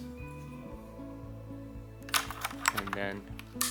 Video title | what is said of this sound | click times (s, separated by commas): MACHENIKE K600G Mechanical Keyboard - In-Depth Review | you hear a click then you know it's in here I am just kind of pushing it in and | 2.7 s